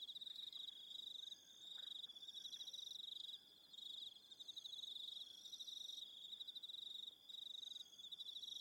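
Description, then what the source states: Crickets chirping in a dense high trill broken by short pauses, with fainter higher buzzing above and a few faint clicks below. Soundscape of crickets.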